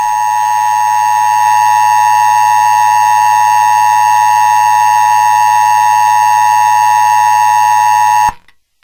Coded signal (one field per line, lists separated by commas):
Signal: Emergency Alert System (SAME) tones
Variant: 853 and 960 Hz attention tone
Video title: (UNFINISHED AND WONT WORK ON) THE SECOND ONE ( AN EAS SCENARIO)